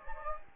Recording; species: mosquito wingbeat signal from an infrared sensor; Anopheles gambiae